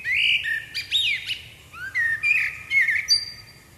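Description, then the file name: Common blackbird singing: a run of rich, flute-like warbled notes broken by brief sharp upward squeaks, flowing in quick succession throughout the short stretch. "Turdus merula"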